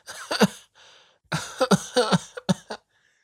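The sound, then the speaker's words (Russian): Harsh, ragged coughing of a woman coughing up blood: a couple of heavy coughs, a brief raspy pause, then a strained run of several more hacking coughs, each sharp and loud, with no talking. “Доктор Селки кашляла кровью и шаталась, пока вставала.”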